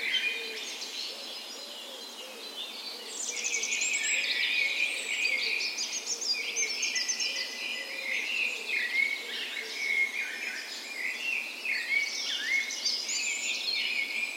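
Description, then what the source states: Birds in a dawn chorus, many overlapping whistled and trilled songs, with a series of low wavering notes repeating beneath them for the first half or so. Dawn chorus in a park west in Bergen, Norway, on the morning of 17 May, Norway's National Day, in spring; recorded with Sony PCM A10 and LOM Usi microphones as tree ears.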